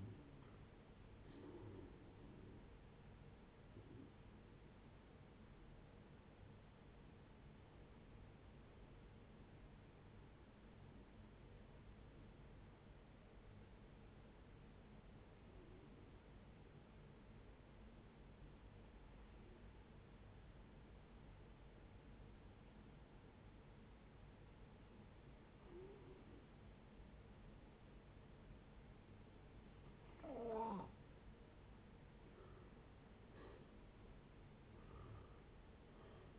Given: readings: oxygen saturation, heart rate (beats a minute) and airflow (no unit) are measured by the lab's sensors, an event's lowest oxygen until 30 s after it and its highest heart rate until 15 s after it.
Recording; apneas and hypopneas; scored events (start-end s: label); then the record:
breathing in sleep by a voice recorder at the bedside; 1
8.00-30.60 s: hypopnea (N2, oxygen 94% highest, then 83% lowest, heart rate 61 at the start, 75 highest)
From the record:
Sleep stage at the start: N2 (light sleep); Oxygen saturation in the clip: 87 to 94%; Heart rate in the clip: 56 to 72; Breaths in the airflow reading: 11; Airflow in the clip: -9.7 to 10.7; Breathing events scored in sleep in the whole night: 496 in 5.4 hours asleep